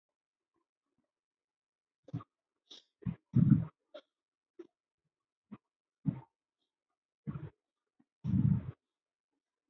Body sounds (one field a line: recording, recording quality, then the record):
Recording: shallow breathing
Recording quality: poor, much background noise or distortion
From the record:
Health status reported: healthy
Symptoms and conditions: none ticked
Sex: female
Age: 56 years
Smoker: not ticked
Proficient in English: yes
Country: India